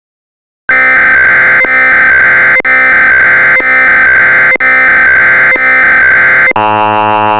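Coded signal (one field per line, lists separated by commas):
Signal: Emergency Alert System (SAME) tones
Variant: header bursts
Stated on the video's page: EAS alert tones in a fictional tsunami scenario, not a real broadcast.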